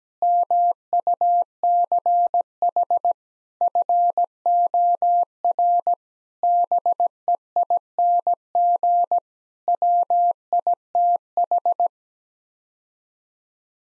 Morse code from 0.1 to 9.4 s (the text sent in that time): MUCH FOR BEING